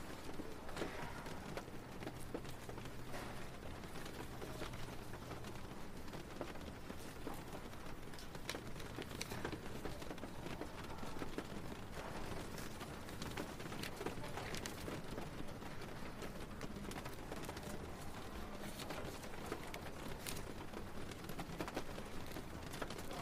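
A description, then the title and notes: Rain patters steadily in a library, a dense, even wash of fine taps and sharper ticks over a faint low hum throughout. Rainy Day at the Library. A cozy library on a rainy day.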